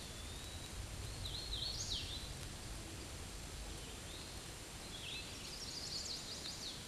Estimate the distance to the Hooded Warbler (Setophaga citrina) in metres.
about 40 m